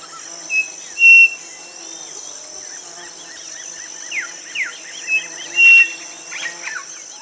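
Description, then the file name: Bird calls in a busy chorus: brief flat whistles, wavering chirps and several falling slurs, while a shrill high buzz runs throughout. "SABIOD 50 bird 2015"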